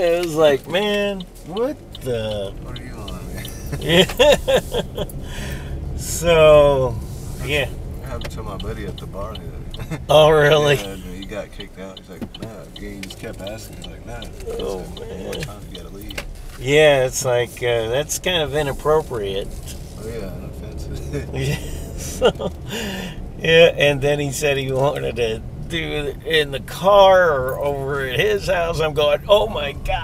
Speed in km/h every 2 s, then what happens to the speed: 5, 11, 18, 19, 15, 5, 6, 6, 8, 15, 21, 23, 23, 19, 16.
0-5 speeds up to 19. 5-10 slows to 5. 10-16 steady at about 6. 16-21 speeds up to 23.